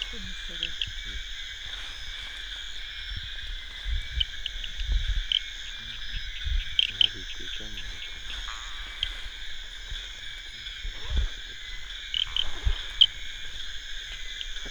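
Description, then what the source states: Guibemantis liber frog calling in scattered bursts of quick, sharp clicking notes against a constant insect buzz and occasional low rumbles. Soundscape.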